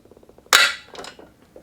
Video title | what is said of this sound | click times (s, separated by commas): Flybird Amazon Best Selling Incline bench Step by Step Assembly | You hear it click, lock in place. | 0.6 s